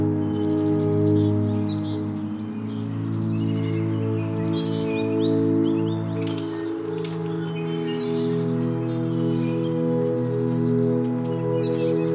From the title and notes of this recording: Today’s soundwalk was taken on on March 16th, 2022 in SE Portland Oregon. Oaks Bottom along the Willamette River.